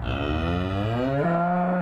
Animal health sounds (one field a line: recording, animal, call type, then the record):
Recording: contact call of a hoofed animal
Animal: cattle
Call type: low-frequency (closed-mouth) or high-frequency (open-mouth) call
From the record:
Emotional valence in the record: negative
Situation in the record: full separation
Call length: 1.82 s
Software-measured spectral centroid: 1110 Hz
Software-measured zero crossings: 1090 a second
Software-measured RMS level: -24 dBFS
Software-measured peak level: -13 dBFS